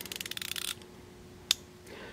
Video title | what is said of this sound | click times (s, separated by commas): Duralast 90 Tooth Encapsulated Ratchets: From Feel Good to Buzz Kill | there's the click | 1.5 s